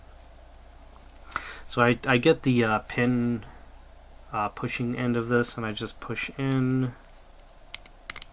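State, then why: Partly seated. Someone talks while pushing the spring bar pin of a metal watch bracelet into the case lug holes from underneath on a Victorinox Officers LS blue dive watch 24644 with a Swiss Ronda 715 movement, during a battery service. A sharp click is heard at 8.1 s, but only one end of the spring bar has clicked in; the other end has not, so it has to be refitted.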